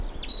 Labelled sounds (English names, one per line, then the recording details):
Stitchbird song
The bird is a male
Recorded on Tiritiri Matangi Island, New Zealand, in 2005
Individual 1, of nest box 1